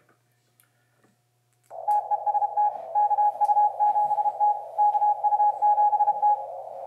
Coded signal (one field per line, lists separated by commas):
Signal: Morse code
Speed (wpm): 31 wpm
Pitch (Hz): 830 Hz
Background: radio noise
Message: TEST KU7T KU7T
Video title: LOW COST CW FILTER OPTION FOR OLDER RADIOs